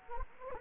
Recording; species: mosquito wingbeat signal from an infrared sensor; Anopheles gambiae